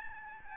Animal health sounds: mosquito wingbeat signal from an infrared sensor; Aedes albopictus

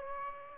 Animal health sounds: mosquito wingbeat signal from an infrared sensor; Aedes aegypti

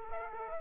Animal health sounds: mosquito wingbeat signal from an infrared sensor; Aedes aegypti

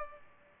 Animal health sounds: mosquito wingbeat signal from an infrared sensor; Culex pipiens

